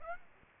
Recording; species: mosquito wingbeat signal from an infrared sensor; Aedes aegypti